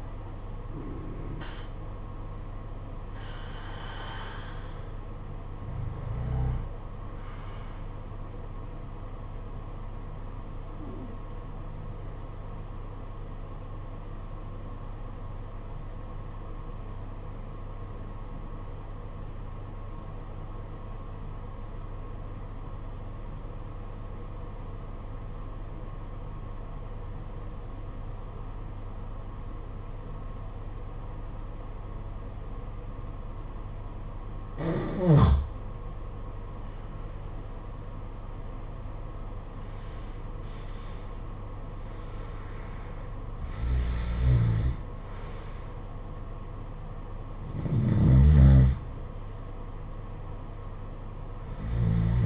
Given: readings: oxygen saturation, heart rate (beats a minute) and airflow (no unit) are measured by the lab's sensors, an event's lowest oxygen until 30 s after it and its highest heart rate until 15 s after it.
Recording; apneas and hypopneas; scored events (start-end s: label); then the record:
breathing in sleep by a smartphone at the bedside; 1
9.00-52.26 s: new sleep stage, N1 (lightest sleep)
12.00-36.40 s: obstructive apnea (N1, oxygen 95% highest, then 85% lowest, heart rate 49 at the start, 78 highest)
From the record:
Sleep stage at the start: N2 (light sleep); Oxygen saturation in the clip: 82 to 95%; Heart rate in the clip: 49 to 78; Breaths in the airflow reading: 7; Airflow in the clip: -14.2 to 13.3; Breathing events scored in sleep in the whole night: 476 in 9.7 hours asleep